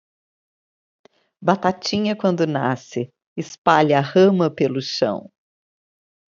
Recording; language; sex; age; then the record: short text; Brazilian Portuguese; female; 60 to 69 years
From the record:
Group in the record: control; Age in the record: 65 years